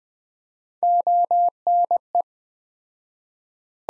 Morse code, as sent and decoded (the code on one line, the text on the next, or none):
--- -. .
ONE